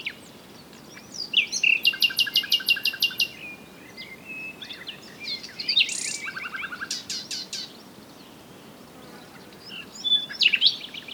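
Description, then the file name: Common nightingale song in varied bursts: a fast rattling trill, a jumble of chirps and slurred notes, then a brief pause before another loud, scratchy phrase. "Luscinia megarhynchos"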